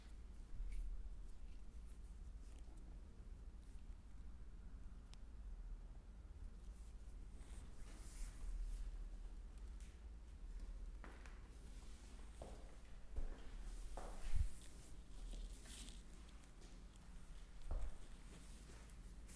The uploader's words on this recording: Calming chair massage ASMR head, scalp, neck, hand and arms massage.